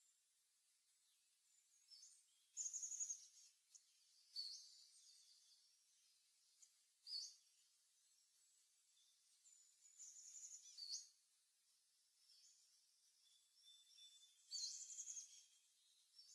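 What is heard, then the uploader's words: Birdsong rises out of a quiet morning hiss, with thin, high chirps and trills scattered throughout. Louder bursts stand out near 3, 4.5, 7, 10–11 and 15 seconds, separated by softer twittering. Nothing sounds below the high bird calls. Pender Island Nature Series - Roe Lake. What does Roe Lake sound like in the hour before sunrise, on the longest day of the year?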